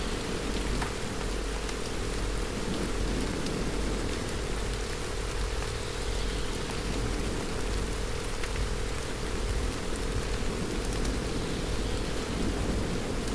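Steady rain falls without a break, a dense, even hiss spread from low rumble to bright top. A faint constant tone hums beneath it, and a few sharp drop ticks stand out now and then, near one second and around eleven seconds.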